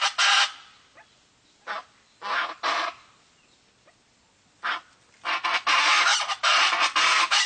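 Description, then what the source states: Chaco chachalaca calls, harsh grating bursts spaced by silence, building into a continuous loud raucous chorus. Pantanal.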